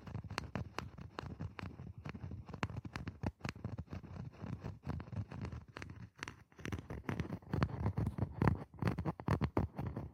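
Scratching on boxes and hollow objects, a busy run of dry scrapes and knocks with a hollow, low thump underneath. The strokes come fast and irregular, with short sharp clicks scattered throughout and a brief pause around six seconds before it picks up louder again.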